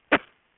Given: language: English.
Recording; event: throat vibration sensor signal played as sound; cough